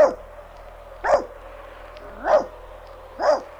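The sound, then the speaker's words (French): Nana, a dog tied to her kennel, barks loudly four times, sharp mid-pitched barks spaced about a second apart, with no one talking and a faint steady hum underneath. “Aboie, Nan. Aboie très fort.”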